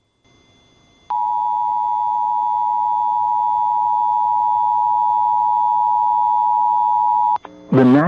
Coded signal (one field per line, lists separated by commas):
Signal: Emergency Alert System (SAME) tones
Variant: 853 and 960 Hz attention tone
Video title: EAS 1936: NWS Lubbock “Very Dangerous Storm” Severe Thunderstorm Warning